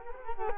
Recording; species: mosquito wingbeat signal from an infrared sensor; Culex quinquefasciatus